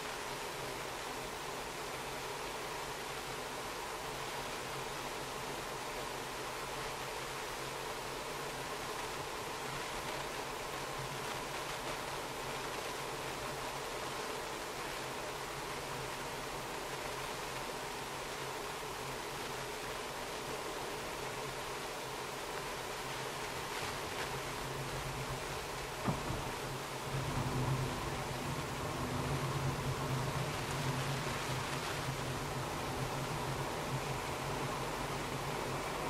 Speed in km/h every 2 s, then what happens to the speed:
42, 43, 43, 43, 43, 43, 44, 43, 42, 42, 42, 42, 42, 42, 43, 43, 44, 46.
0-27 steady at about 42.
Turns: none.